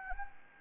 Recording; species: mosquito wingbeat signal from an infrared sensor; Anopheles arabiensis